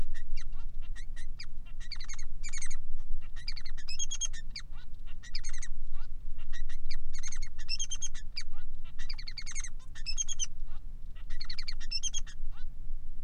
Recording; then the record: song of a male Bengalese finch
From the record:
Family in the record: son of father 3